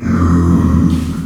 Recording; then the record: squeal of a Yucatan mini pig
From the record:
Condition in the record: after surgery on the right vocal fold (resection and tissue-engineered implant); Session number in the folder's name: 12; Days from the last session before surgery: 105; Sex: female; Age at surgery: 19 weeks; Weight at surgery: 25 kg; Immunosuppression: prednisolone